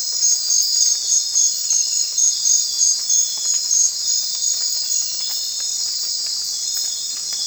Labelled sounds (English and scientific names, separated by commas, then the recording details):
none
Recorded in secondary vegetation near Puerto Asís, Putumayo, Colombia, on 25 June 2025 at 00:30
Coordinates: 0.499, -76.323
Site G077